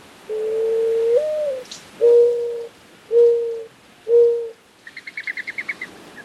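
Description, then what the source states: Mourning Dove cooing: a soft, low, drawn-out coo that lifts in the middle, then three steady hollow coos about a second apart, followed by a brief chattering trill from another bird. Song described as soothing.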